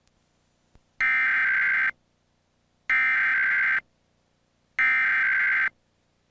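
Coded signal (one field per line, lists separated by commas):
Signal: Emergency Alert System (SAME) tones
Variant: header bursts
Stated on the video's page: Maryland EAS required monthly test, recorded off the air from a television station's MeTV subchannel.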